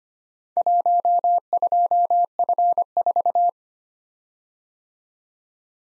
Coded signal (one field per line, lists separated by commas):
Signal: Morse code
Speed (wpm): 25 wpm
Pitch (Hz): 700 Hz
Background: none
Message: 12F4